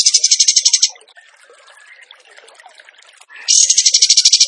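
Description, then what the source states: Bird song: a high rapid trill, a pause filled with soft scattered twitters, then another rattling trill. Masteran (training recording) of a bird singing in the tembakan gacor style.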